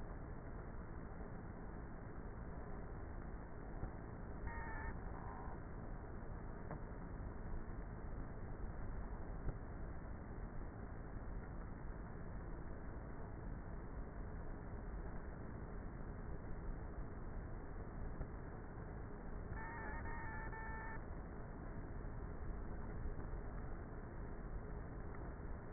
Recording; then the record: honeybee colony, microphone inside the hive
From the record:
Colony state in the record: queenless with a low population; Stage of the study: before two queens were removed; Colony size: about 30,000 bees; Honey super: no